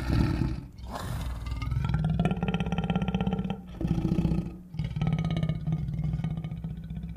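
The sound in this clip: Lion roaring: heavy, sustained low rumbles in a few long phrases, louder at the start and again briefly in the middle.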